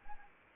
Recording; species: mosquito wingbeat signal from an infrared sensor; Anopheles arabiensis